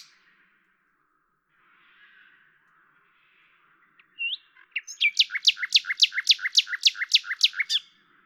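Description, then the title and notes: Common nightingale song: soft faint notes, then a sharp upslurred whistle followed by a rhythmic series of about a dozen loud, repeated two-part chattering notes. At Lavours, France, on 10 May 1998; Tascam DAP-1 with Télingua microphone, edited in Samplitude 5.1. "D83, 01350 Lavours, France - rossignol à LAVOURS. 10/05/1998"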